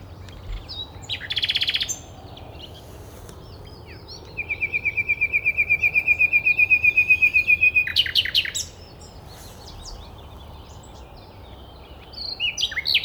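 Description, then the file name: Common nightingale song: a rapid burst, then a long, steady series of repeated whistled notes lasting several seconds, followed by sharp clicking phrases. "Luscinia megarhynchos"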